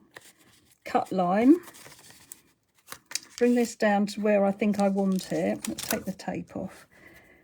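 A paper trimmer's cutting arm is handled and brought down toward its cut-line track while someone talks, with a few brief handling taps. The arm has not yet clicked into the cut line, and nothing has seated.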